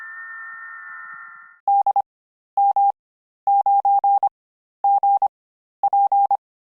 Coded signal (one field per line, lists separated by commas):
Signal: Morse code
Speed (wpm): 25 wpm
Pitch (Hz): 800 Hz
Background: none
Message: DM9GP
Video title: How to set up FT8 with WSJT X on the IC-7610 via USB